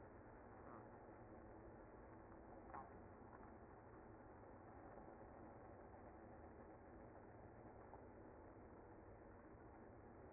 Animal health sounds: honeybee colony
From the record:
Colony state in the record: active

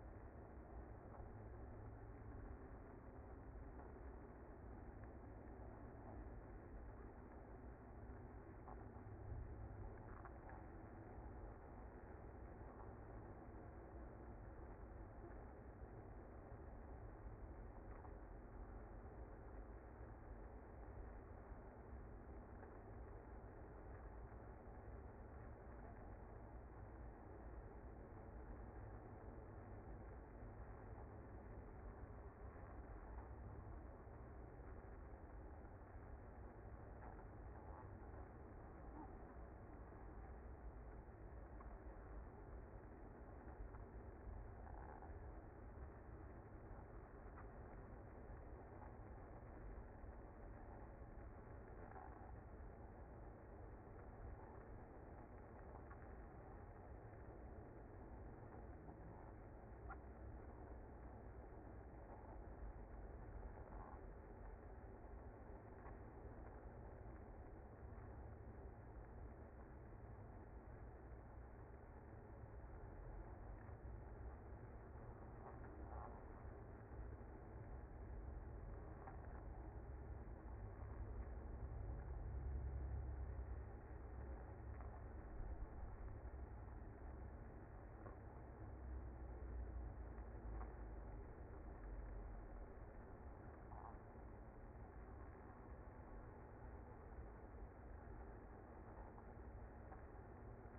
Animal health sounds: honeybee colony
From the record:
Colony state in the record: active

